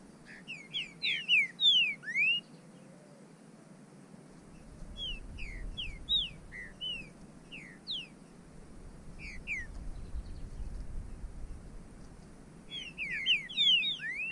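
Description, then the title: Bird singing repeated phrases of sharp slurred whistles, a busy burst at the start and end with sparser notes between, over faint low rumble. "burung"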